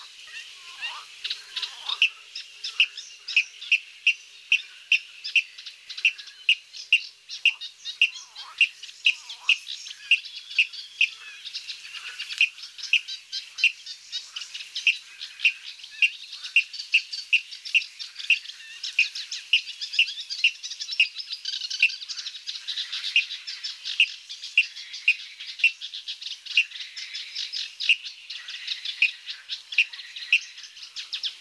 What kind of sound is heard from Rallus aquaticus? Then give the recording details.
song. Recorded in the wild. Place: Nagyivan / Hortobagy, HU. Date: 1988-05-12. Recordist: Schwarz, Dieter